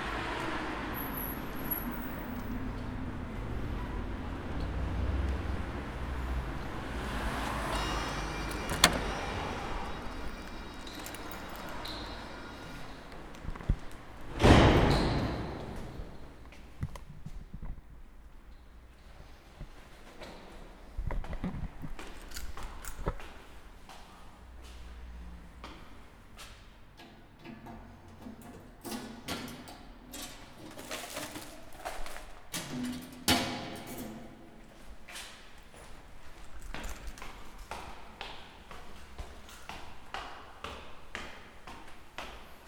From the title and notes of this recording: Out of the Woods, Into the City. A walk from the top of Tivoli Park to Prešernova Cesta in Ljubljana, Slovenia.